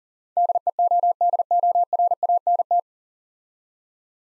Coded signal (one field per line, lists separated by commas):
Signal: Morse code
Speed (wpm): 42 wpm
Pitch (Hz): 700 Hz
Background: none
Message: DEODORANT